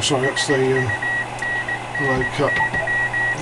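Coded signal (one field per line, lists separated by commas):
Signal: Morse code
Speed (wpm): 18 wpm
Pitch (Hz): 1900 Hz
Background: speech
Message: SUNNY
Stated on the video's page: Received on an Elecraft KX3, shown on a Raspberry Pi panadapter.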